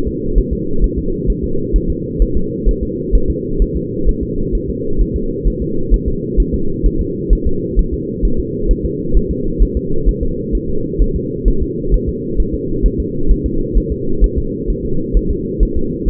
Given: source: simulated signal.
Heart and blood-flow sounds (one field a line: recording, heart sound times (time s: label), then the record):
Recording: fetal heart sounds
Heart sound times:
0.08 s: S2
0.38 s: S1
0.53 s: S2
0.84 s: S1
0.99 s: S2
1.30 s: S1
1.44 s: S2
1.76 s: S1
1.90 s: S2
2.22 s: S1
2.37 s: S2
2.69 s: S1
2.83 s: S2
3.15 s: S1
3.30 s: S2
3.62 s: S1
3.77 s: S2
4.09 s: S1
4.23 s: S2
4.55 s: S1
4.70 s: S2
5.01 s: S1
5.16 s: S2
5.47 s: S1
5.62 s: S2
5.94 s: S1
6.08 s: S2
6.40 s: S1
6.54 s: S2
6.86 s: S1
7.01 s: S2
7.33 s: S1
7.47 s: S2
7.79 s: S1
7.94 s: S2
8.25 s: S1
8.40 s: S2
8.71 s: S1
8.85 s: S2
9.17 s: S1
9.31 s: S2
9.62 s: S1
9.77 s: S2
10.09 s: S1
10.23 s: S2
10.55 s: S1
10.69 s: S2
11.02 s: S1
11.16 s: S2
11.48 s: S1
11.63 s: S2
11.94 s: S1
12.09 s: S2
12.40 s: S1
12.55 s: S2
12.86 s: S1
13.00 s: S2
13.31 s: S1
13.46 s: S2
13.77 s: S1
13.92 s: S2
14.24 s: S1
14.38 s: S2
14.70 s: S1
14.85 s: S2
15.17 s: S1
15.31 s: S2
15.63 s: S1
15.77 s: S2
16.09 s: S1
From the record:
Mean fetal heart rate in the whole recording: 130 bpm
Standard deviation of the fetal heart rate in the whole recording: 2 bpm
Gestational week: 36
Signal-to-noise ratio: -8.1 dB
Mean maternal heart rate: 72 bpm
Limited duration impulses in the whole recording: absent